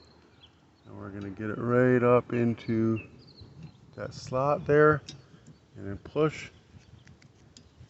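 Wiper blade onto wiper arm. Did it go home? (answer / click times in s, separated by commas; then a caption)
yes / 7.6 s. Someone talks while a windshield wiper blade on a Jeep Grand Cherokee is rocked into the slot on the wiper arm and pushed in. A sharp click at 7.6 s marks the blade seating onto the arm, with its tabs on the outside, nice and tight.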